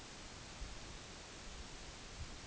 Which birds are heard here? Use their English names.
none